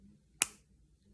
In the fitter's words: ah i heard that click that time so that's how we clean up our glue stick we put it back in our art box or our desk